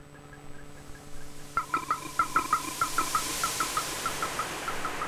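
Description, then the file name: Amphibian calling with a rapid series of short, clipped notes, starting abruptly after a quiet start, over a steady low hum. "amfibia"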